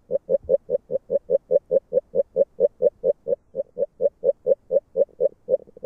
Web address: Fotoim Hangok Rana dalmatina